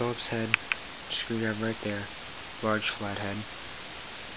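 Someone talks while handling a Gerber Suspension multi-tool, opening its folding implements, a Phillips head, a screwdriver and a large flat head, which lock open in the handle. Only speech and a little faint handling noise are heard. Nothing has seated or clicked into place yet.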